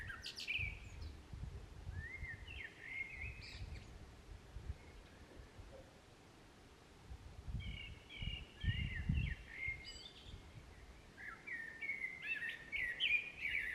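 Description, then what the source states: Common blackbird song: short whistled phrases ending in squeaky twitters, repeated after pauses, with low rumbling noise in the background. Singing in a park, May 2021.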